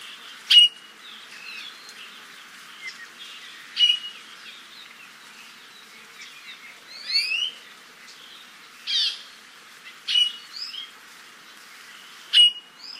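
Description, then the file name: ʻIʻiwi calls: several sharp squeaky notes at irregular intervals, with buzzy creaking notes and soft twittering between them. "Iiwi"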